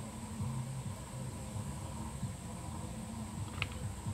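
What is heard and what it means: The top plate of a Ramoser varioPROP ground-adjustable propeller hub is pressed down over the blade lugs and centre assembly against a steady low hum. A single sharp click at 3.6 s marks the plate closing and seating with no effort.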